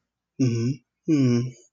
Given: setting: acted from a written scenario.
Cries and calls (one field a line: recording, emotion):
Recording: vocal sound without words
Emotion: sympathy